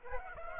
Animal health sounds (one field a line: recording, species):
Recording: mosquito wingbeat signal from an infrared sensor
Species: Aedes aegypti